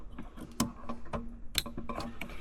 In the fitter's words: Make sure you press it until it clicks. There we go.